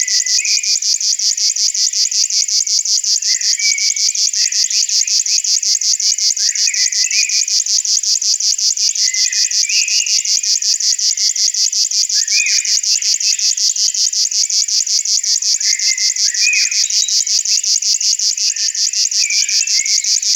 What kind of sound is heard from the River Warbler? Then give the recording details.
song. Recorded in the wild. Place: Selenter See, Schleswig-Holstein, DE. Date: 1986-05-17. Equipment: Uher Report Monitor. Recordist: Schwarz, Dieter